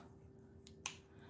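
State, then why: Seated. A folding knife from a bug-out bag is opened, and its blade locks into the open position in the handle with a sharp click at 0.9 s. A fainter tick comes just before it at 0.7 s, over a steady low hum. The lock engages, and closing the knife is left to someone else because the person opening it is uncomfortable doing so.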